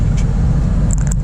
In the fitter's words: right there rotate it until it snaps into place all